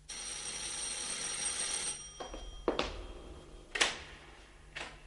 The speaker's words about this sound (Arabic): في ليله قبل ما اخرج من شقتي دق جرس الباب.